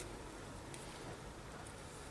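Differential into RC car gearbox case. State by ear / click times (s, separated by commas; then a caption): not seated / none. A differential with its bearings is handled as it is about to be pressed into the bottom half of a plastic gearbox case on a Tamiya XV-01 RC car, Lancia Delta Integrale. Steady broadband background noise is broken only by a brief, faint handling tick at about 0.7 s. Nothing has seated or clicked yet.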